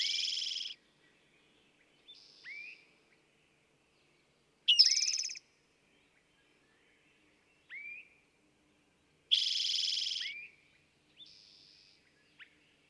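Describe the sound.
Eastern towhee song: three loud buzzy trills, repeated about every four to five seconds, with softer notes between.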